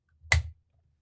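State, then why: Seated. A plastic peg is pushed onto the ring of a round knitting loom and snaps into place with one sharp click at 0.3 s. Around the click there is a short rustle of handling and a faint low hum. The peg is seated on the loom.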